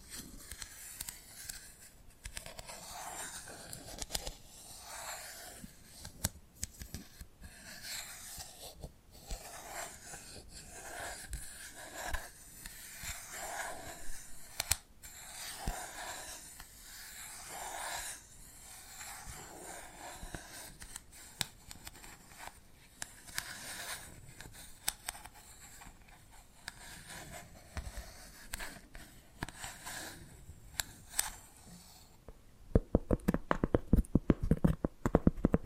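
Soft tapping and scratching sounds run throughout, a steady, dense stream of small crisp taps and bright scraping strokes with short gaps between clusters. Near the end, around the last few seconds, the taps turn sharper, louder and more rapid.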